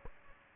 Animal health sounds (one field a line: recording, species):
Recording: mosquito wingbeat signal from an infrared sensor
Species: Aedes aegypti